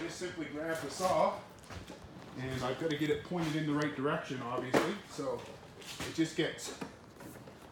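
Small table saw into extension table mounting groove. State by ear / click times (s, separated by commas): not seated / none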